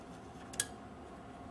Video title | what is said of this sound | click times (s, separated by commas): Building a Mini Deluxe Hackintosh - Powering the Motherboard, Fans and Hard Drive - Step 11 of 25 | and that pops into place as you heard | 0.6 s